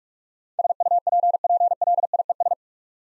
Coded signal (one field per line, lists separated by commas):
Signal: Morse code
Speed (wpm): 46 wpm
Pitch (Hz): 700 Hz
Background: none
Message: SUPPLIES